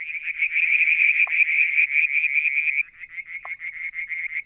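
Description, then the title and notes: Frog giving a dense, loud pulsed trill that breaks after about three seconds into slower, separate pulses, with two short knocks along the way. Striped marsh frog, Verreaux's tree frog and an unidentified frog; one evening near a water tank, Mount Wilson, New South Wales, Australia, July 2022. "Frog song, Mount Wilson, New South Wales, Australia in July 2022 – by Alexander Moffatt. Limnodynastes Peronii, Litoria Verreauxii and a mystery frog one evening near the water tank"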